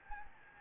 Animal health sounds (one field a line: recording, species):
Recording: mosquito wingbeat signal from an infrared sensor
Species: Anopheles gambiae